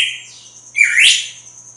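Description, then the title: Red-cowled cardinal song: a flat whistled note followed by a loud, sweeping slur, over a steady high-pitched hum. Female; sings strongly at dawn after moult. "Canto Galo Campina Fêmea. GALO DE CAMPINA AÇOITA FORTE NA MADRUGADA DEPOIS DA MUDA"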